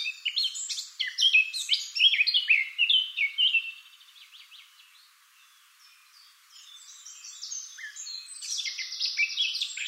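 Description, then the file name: Eurasian blackcap song, a hurried, varied warble of chirps and whistles, a pause of a few seconds, then a fresh burst of warbling. "Sylvia atricapilla"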